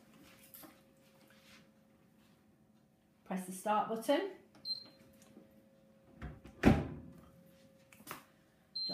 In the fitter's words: go in there and then that just slides across till it clicks